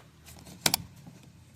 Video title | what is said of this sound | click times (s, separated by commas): How to Replace a Front Bumper Trim - Easy DIY Car Repair (Step-by-Step) | until you hear the clicking noise. | 0.7 s